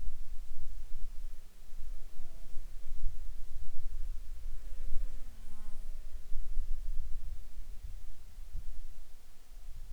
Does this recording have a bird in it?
no